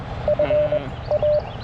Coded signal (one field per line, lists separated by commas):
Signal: Morse code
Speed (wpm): 20 wpm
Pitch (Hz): 600 Hz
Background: none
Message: FA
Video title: QRP CW POTA Activation with FT-817ND & Chelegance MC-750 (K-4451)